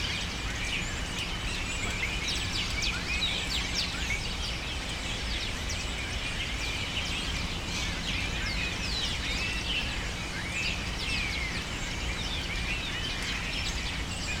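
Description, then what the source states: Birds calling nonstop as a crowd, a ceaseless tangle of high, sharp chirps and squeals over a low background drone. Birds taking refuge in cypresses in the recordist's city, screaming without stopping, especially in the afternoon.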